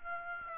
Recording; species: mosquito wingbeat signal from an infrared sensor; Aedes aegypti